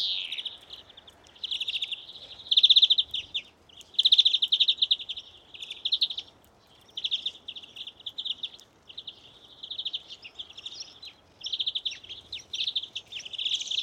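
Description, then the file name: European greenfinch giving rolling, buzzy twittered trills in uneven phrases of one to two seconds, some louder bursts, over faint background hiss. "Chloris chloris"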